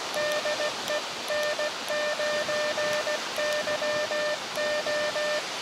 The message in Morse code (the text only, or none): DE N9YO